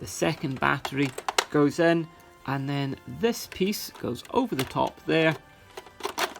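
Someone talks while the second of two C-size batteries goes into the upturned base of a 1993 Parker Brothers Donut Disaster motorised board game, and the plastic battery cover is brought over the top of the compartment. Light plastic handling sounds are heard between the speech. Nothing has seated or clicked yet.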